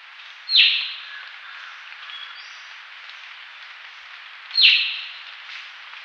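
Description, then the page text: Sri Lanka myna giving two short, harsh downward-sweeping calls about four seconds apart, with a faint steady hiss between them. "Sri Lanka Myna Calls Sound Effect. Quick Sounds"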